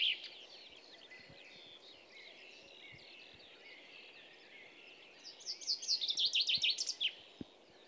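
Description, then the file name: Common chaffinch song: a loud, bright series of rapid notes over about two seconds, against steady background noise. "Fringilla coelebs"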